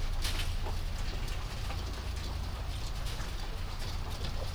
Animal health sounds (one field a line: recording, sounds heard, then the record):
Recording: poultry house recording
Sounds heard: sick chickens (respiratory disease)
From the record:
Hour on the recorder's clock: 3